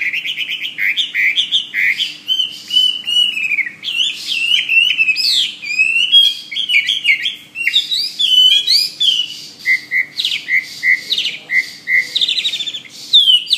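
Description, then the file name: Hwamei song, a busy mix of loud whistles, buzzy notes and sharp repeated chips, changing phrase every few seconds; faint steady hum in the background. "omkicau hwamey"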